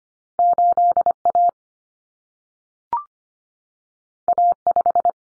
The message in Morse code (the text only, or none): 8A A5